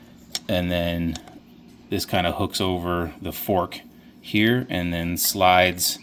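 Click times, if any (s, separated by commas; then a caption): 0.3 s. A clutch release bearing assembly's retaining spring clip is fitted onto the clutch fork of a Miata manual transmission, with a sharp metallic snap at 0.4 s as it seats. Someone talks before and after the snap.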